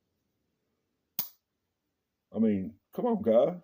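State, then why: Seated. The blade of a worn red slipjoint pocket knife, bought from the TSA and not in very good shape, is folded into its handle and snaps shut against the spring with a single loud, sharp snap at 1.2 s. The knife still works and the blade seats fully closed. Afterward, someone talks, sounding impressed.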